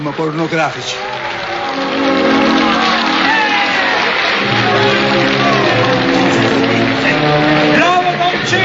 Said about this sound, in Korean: 관객들은 손뼉을 치면서 환호하지요.